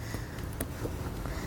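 The plastic/metal end coupling of a pewag Servo RS self-tensioning snow tire chain is fed through and pushed into its mating end piece behind the tire of a 2021 Chevrolet Equinox. Over a steady low rumble, a sharp, bright click sounds at 0.6 s, followed by a softer tick at 1.3 s. The coupling is seated with the two arrows lined up.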